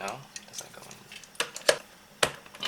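Someone talks while pushing a plastic part into its socket in the body of a Mattel Justice League Knightcrawler toy vehicle, with light plastic taps and knocks along the way. A sharp snap at 2.2 s marks the part seating in place, where it steadies the vehicle.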